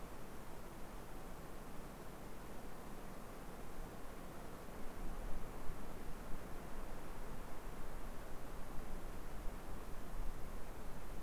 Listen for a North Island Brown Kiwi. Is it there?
no